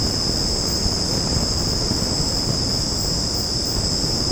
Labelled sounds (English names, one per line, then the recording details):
none
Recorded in secondary vegetation near Puerto Asís, Putumayo, Colombia, on 19 March 2025 at 20:00
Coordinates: 0.481, -76.318
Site G097